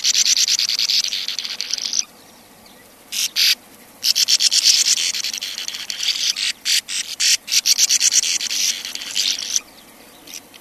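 Sand martin keeping up a dense, gritty chatter of buzzy rasping notes, a long run at first, then a brief lull before more quick, stuttering bursts.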